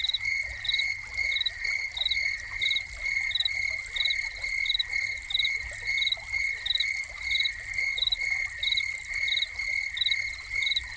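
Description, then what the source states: Crickets produce a constant shrill trill and regular short chirps in a steady rhythm, accompanied by gentle splashing water. Crickets recorded together with a running fountain.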